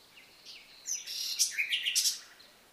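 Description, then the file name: Common nightingale song phrase: a quick run of high chirps and whistles ending in several rapid emphatic notes, with light background hiss. "Luscinia megarhynchos"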